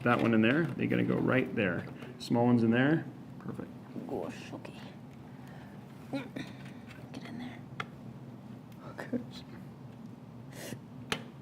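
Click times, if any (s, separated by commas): 7.8 s, 11.1 s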